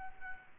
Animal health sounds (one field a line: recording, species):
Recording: mosquito wingbeat signal from an infrared sensor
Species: Culex quinquefasciatus